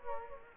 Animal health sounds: mosquito wingbeat signal from an infrared sensor; Culex quinquefasciatus

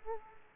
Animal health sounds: mosquito wingbeat signal from an infrared sensor; Aedes aegypti

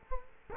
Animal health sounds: mosquito wingbeat signal from an infrared sensor; Culex quinquefasciatus

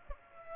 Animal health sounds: mosquito wingbeat signal from an infrared sensor; Aedes aegypti

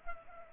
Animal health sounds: mosquito wingbeat signal from an infrared sensor; Culex pipiens

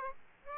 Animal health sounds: mosquito wingbeat signal from an infrared sensor; Aedes aegypti

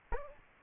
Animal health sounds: mosquito wingbeat signal from an infrared sensor; Aedes albopictus

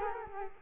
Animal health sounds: mosquito wingbeat signal from an infrared sensor; Culex quinquefasciatus

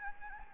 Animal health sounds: mosquito wingbeat signal from an infrared sensor; Anopheles gambiae

